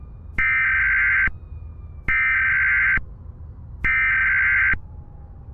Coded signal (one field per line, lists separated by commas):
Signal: Emergency Alert System (SAME) tones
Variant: header bursts